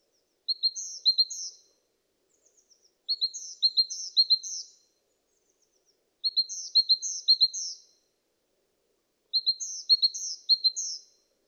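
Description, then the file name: Great tit song: four bursts of high, two-part see-saw notes, each phrase repeated two or three times, spaced roughly three seconds apart against a quiet background. "Parus major"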